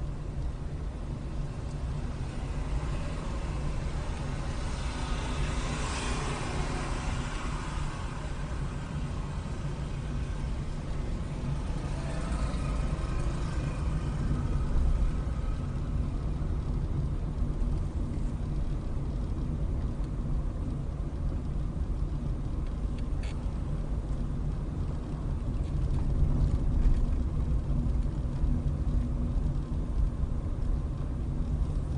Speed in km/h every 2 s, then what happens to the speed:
15, 16, 15, 15, 15, 16, 18, 19, 21, 21, 19, 19, 19, 21, 19, 19.
0-9 steady at about 15. 9-16 speeds up to 21. 16-32 steady at about 19.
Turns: none.